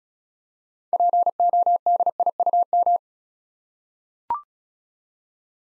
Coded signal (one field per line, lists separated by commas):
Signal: Morse code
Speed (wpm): 34 wpm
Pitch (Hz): 700 Hz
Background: none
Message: PODIUM